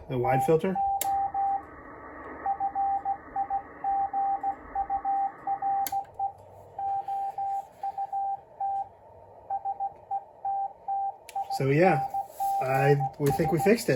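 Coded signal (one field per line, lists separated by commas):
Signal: Morse code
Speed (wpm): 16 wpm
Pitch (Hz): 790 Hz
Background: speech, radio noise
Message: TO FIGURE OUT SETTINGS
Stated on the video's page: Kenwood TS-520S modified to use both wide and narrow CW filters.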